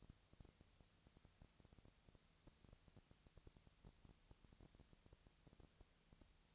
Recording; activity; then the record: daily activity, microphone in the room; no activity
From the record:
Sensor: 3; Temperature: 20.6 degrees Celsius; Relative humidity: 35.7%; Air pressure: 998.8 hPa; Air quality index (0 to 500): 235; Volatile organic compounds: 71 ppm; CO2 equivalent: 3525 ppm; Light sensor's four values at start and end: 2/3/2/2 and 2/3/2/2